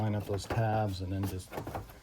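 A plastic engine cover is set onto a Ford Focus RS engine during an ETS intercooler kit install, with its tabs lined up over the engine's mounting studs and grommets before being pressed down, while someone talks throughout. Only faint handling noises are heard under the talking, and nothing has seated or clicked yet; the cover is not home by the end of the clip.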